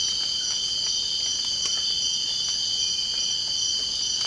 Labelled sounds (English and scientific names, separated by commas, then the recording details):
none
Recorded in secondary vegetation near Puerto Asís, Putumayo, Colombia, on 24 March 2025 at 04:00
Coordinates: 0.502, -76.326
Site G100